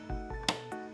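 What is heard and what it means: A 4 mm hex key presses the center pin of a plastic push clip in a Yamaha R7 motorcycle fairing panel, which gives one sharp click at 0.5 s. The click means the clip is released and ready to come out. Softer taps and a steady tonal background surround it.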